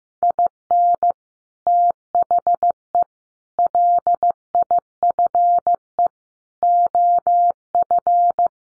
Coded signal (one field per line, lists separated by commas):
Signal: Morse code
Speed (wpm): 15 wpm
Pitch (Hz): 700 Hz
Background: none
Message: IN THE LIFE OF